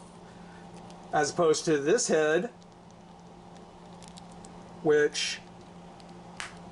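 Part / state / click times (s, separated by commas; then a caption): swap head onto action figure neck peg / seated / 6.4 s. Someone talks while a swap head is pushed onto a plastic action figure's neck ball peg. A sharp pop at 6.4 s shows the head is seated in place, unlike the previous head.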